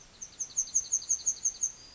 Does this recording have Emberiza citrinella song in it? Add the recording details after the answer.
yes. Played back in forest. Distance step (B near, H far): E. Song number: 008